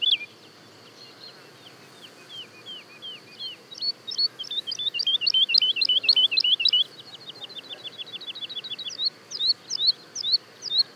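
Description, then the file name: Woodlark song: soft scattered whistles building into a loud, dense run of rapid notes from two interleaving birds, then slower spaced phrases. Daytime song and duet, recorded at Le Puech, France. "alouette lulu chant de jour et duett Le Puech F"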